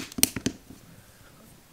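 The plastic bottom piece of a two-piece Spigen C1 Classic case is snapped back onto the upper shell on an iPhone 15 Pro, with small plastic clicks around it and one loud, sharp snap at 0.2 s. It goes on, but the bottom piece sits slightly bent up and raised and still needs fixing.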